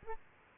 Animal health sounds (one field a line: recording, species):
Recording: mosquito wingbeat signal from an infrared sensor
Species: Aedes aegypti